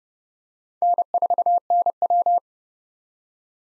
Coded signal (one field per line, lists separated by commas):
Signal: Morse code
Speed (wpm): 32 wpm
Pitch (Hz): 700 Hz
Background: none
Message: N4NW